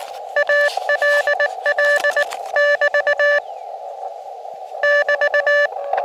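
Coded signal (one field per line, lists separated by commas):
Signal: Morse code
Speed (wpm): 19 wpm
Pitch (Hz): 1750 Hz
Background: none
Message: ALL <BT> <BT>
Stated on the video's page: QRP CW sent on an Elecraft KX2 operating outdoors, with a Packtenna antenna thrown into a tree.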